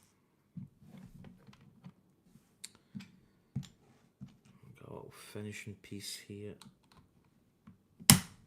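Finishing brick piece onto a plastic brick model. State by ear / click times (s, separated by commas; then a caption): seated / 8.1 s. A small finishing piece from a plastic building-brick set is pressed onto the plastic brick model while someone talks, with faint clicks and handling noises in the background. At 8.1 s the piece seats with a sharp, loud click, and it is confirmed snapped home.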